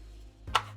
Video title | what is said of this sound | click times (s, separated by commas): LAS Concealment Saya 2.0 Best Holster New Pistol Owners | you can hear that lock in again | 0.6 s